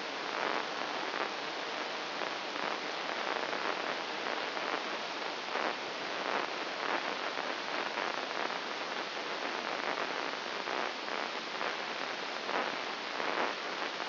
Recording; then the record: brain microelectrode recording played as sound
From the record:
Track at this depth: inside the subthalamic nucleus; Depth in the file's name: 4.901 mm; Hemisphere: left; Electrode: 2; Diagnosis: Parkinson's disease